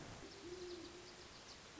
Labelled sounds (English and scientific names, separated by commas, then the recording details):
Great Horned Owl (Bubo virginianus)
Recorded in Sonoma County, California